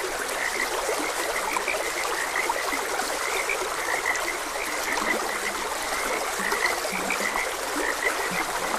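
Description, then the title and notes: Frogs croak in a busy, overlapping chorus of short pulses, with a few low brief notes over flowing water. Frogs croaking beside a gentle stream. "Gentle Stream and Frogs Croaking. Sleep and Relaxation Podcast"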